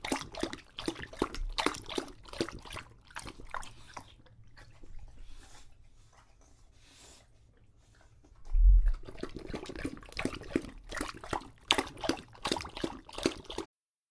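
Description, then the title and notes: English Bulldog lapping water, pausing for soft heavy breaths, then a loud bump and another burst of fast, sloppy lapping. Male English Bulldog named Lucho drinking from a water bowl after a long walk, breathing heavily between drinks because he is out of breath. "English Bulldog Drinks from Water Bowl - Weird Sounds. listen to Lucho the English Bulldog as he tries to drink water after a long walk. Don't let his heavy breathing fool you in between drinks, he's equally out of breath from the walk"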